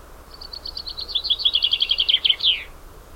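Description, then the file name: Common chaffinch singing one full phrase: quick high notes dropping in pitch into a brisk trill, closed by an emphatic terminal flourish, with faint background hiss. "Fringilla coelebs"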